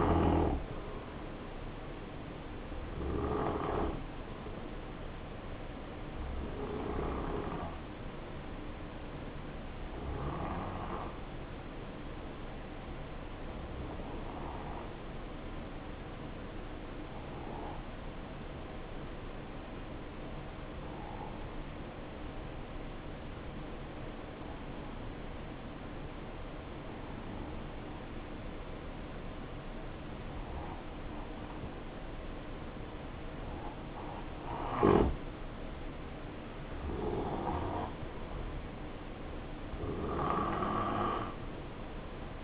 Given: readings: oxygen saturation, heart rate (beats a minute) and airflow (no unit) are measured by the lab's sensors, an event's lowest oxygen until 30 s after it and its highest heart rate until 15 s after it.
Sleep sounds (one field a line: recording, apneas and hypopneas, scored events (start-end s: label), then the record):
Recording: breathing in sleep by a voice recorder at the bedside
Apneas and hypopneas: 1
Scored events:
7.00-37.10 s: obstructive apnea (N1, oxygen 94% highest, then 89% lowest, heart rate 61 at the start, 70 highest)
30.00-42.44 s: new sleep stage, N2 (light sleep)
From the record:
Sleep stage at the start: N1 (lightest sleep)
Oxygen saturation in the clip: 85 to 94%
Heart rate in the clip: 59 to 70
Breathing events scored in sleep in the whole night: 277 in 7.4 hours asleep